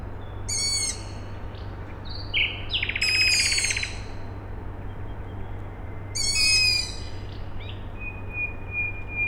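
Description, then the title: Owl chicks give several harsh, squeaky, rasping calls a few seconds apart, with other high notes between them, over a steady low hum. Owl chicks calling at night, Tuesday 21 May 2019, Siemianowice Śląskie, Poland; industrial plant in the background; recorded with a Zoom H5 and Audio-Technica BP4025 microphone. "Siemianowice Śląskie, Polska - Owl chicks"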